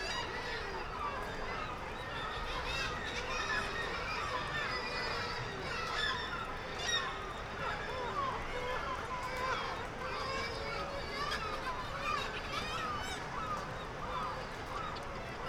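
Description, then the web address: Black-legged kittiwake calls, a constant chorus of many overlapping nasal, wavering cries with no pause. "Black legged kittiwake. دانلود-صدای-پرنده-کاکایی-پاسیاه"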